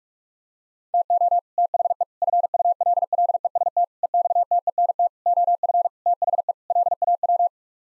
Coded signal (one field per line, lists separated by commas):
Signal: Morse code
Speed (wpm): 46 wpm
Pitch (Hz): 700 Hz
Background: none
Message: TO THE FULLEST EXTENT OF THE LAW